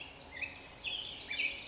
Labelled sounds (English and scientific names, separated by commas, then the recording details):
Black-headed Grosbeak (Pheucticus melanocephalus)
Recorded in Sonoma County, California